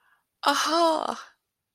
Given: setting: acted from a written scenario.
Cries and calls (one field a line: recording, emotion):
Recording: vocal sound without words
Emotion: ecstasy